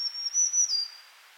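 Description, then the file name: Black-throated green warbler: a thin, high, buzzy series of notes, steady in pitch before slurring slightly lower at the end, over soft hiss. "Setophaga virens - Black-throated Green Warbler"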